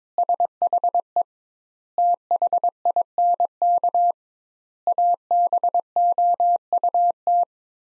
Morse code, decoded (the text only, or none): SHE THINK ABOUT